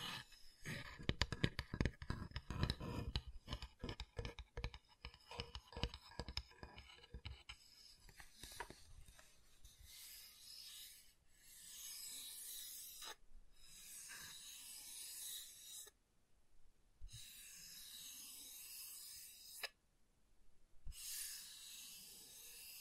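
Wood triggers: for the first seven seconds, quick, dense tapping and knocking on wood, full and thumping. After that the sound shifts to steady, bright rubbing and rasping strokes in long bursts, broken by short silences near 12, 16 and 20 seconds.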